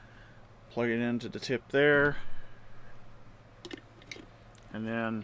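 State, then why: Not seated. Someone talks while handling the second plastic tail section of a large Hammond Collection Giganotosaurus dinosaur figure, lining it up to plug onto the tip. A few faint, light plastic clicks and rustles from handling are heard between the spoken phrases. Nothing has seated or clicked into place yet.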